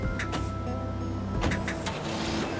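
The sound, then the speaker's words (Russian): A car engine hums steadily as the vehicle pulls away onto a road running along the ocean coast, a low droning tone with a few brief bursts of higher mechanical noise and clicks, no voices. “Машина выезжает на дорогу, которая тянется вдоль океанского побережья.”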